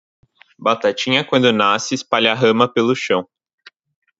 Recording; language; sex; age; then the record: short text; Brazilian Portuguese; male; 18 to 19 years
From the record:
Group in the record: control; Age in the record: 19 years